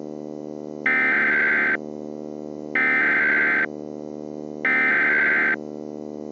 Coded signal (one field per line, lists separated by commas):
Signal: Emergency Alert System (SAME) tones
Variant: header bursts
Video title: The Uprising Pt. 2 (EAS Scenario)